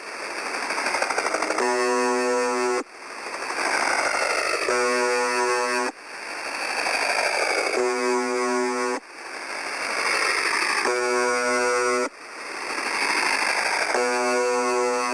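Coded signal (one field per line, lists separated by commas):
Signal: channel marker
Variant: UVB-76 (The Buzzer)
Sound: five harsh, low droning buzzes about a second long, repeating every three seconds through static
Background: radio static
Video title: 4625.00 Khz - UVB 76 - MDZhb - Strange Sound - Sonido Extraño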